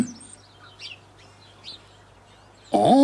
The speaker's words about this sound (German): Huhn. Jip, Huhn.